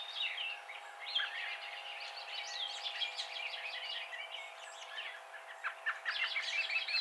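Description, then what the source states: Song sparrow singing: a dense stream of rapid chirps and sharp notes that keeps going without pause, with a faint steady hum underneath. Recorded 28 April 2007.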